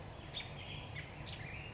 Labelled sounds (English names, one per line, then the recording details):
American Robin
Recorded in Sonoma County, California